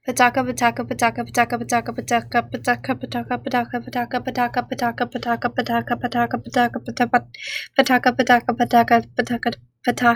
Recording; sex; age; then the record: repeated syllables /pa ta ka/; female; 18 to 19 years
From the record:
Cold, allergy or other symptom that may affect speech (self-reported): no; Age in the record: 18 years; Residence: Indiana, United States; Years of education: 14